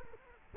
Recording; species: mosquito wingbeat signal from an infrared sensor; Culex quinquefasciatus